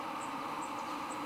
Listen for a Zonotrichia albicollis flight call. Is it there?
no